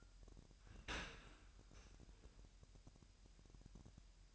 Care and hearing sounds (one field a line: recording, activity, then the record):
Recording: daily activity, microphone in the room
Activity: open dishwasher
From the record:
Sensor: 2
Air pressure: 998.2 hPa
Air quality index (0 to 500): 149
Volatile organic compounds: 4 ppm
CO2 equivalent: 1684 ppm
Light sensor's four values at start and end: 10/30/12/11 and 10/30/12/11